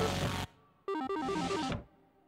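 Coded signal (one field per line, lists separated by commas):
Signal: none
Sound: game music notes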